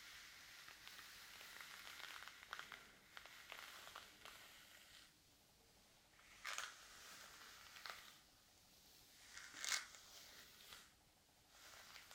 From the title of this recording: Hair Brushing and Scalp Massage